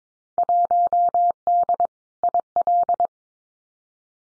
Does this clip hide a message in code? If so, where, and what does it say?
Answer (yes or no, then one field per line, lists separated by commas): yes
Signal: Morse code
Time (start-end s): 0.4-3.1 s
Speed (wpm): 22 wpm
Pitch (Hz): 700 Hz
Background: none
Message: 1D IL